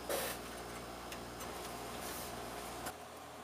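A RAM module is handled and lined up over a motherboard memory slot, with soft scraping and handling noise over a steady low hum. There are brief bursts near 0.1 s and 2.9 s. The clip ends before the module goes home, so nothing has seated or clicked yet.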